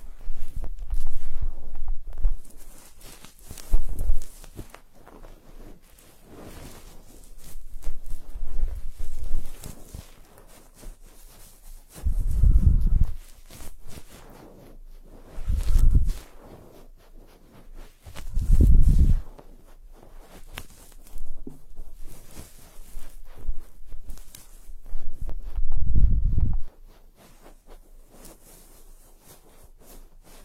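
Muffled scraping and rubbing sounds, like sticks being worked inside the ear. Dull low thuds and rustles come in bursts every few seconds, strongest around 12, 16, 19 and 26 seconds, with quiet pauses between and faint hiss throughout.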